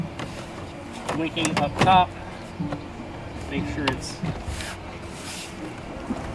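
A plastic door pull on a 2006-2012 Mitsubishi Eclipse is positioned so its top edge sits in the grooves of the car door panel before it is pushed home at the bottom, while someone talks. Soft plastic handling sounds are heard, with brief taps at about 0.2 s and 2.7 s. Nothing has seated or clicked yet.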